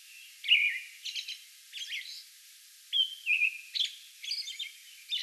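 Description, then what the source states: American robin singing short warbled phrases, each followed by thin high squeaks, in a short sequence with gaps between groups of notes. Song bout recorded May 11.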